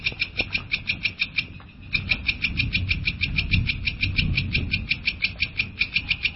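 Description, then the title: Long-tailed shrike giving quick repeated sharp chattering notes, briefly pausing shortly before the two-second mark, then resuming, over rumbling low background noise. Champion songbird. "Kicau Burung Cendet Juara"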